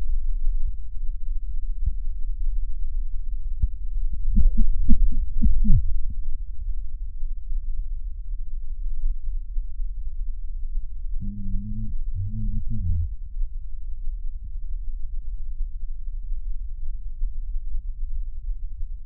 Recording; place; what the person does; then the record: lung sounds by stethoscope; left posterior basal chest; quiet breathing, then cough and speech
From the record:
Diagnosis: COPD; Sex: male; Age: 59 years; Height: 175 cm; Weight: 73 kg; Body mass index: 23.8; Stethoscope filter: bell mode